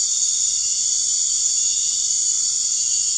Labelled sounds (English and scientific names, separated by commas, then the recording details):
none
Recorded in dense forest near Puerto Asís, Putumayo, Colombia, on 12 March 2025 at 21:00
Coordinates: 0.485, -76.318
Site G056